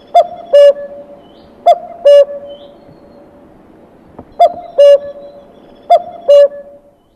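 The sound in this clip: Common cuckoo calling its two-note cuck-oo, a short higher note dropping to a longer lower one, given four times with uneven pauses against a quiet background.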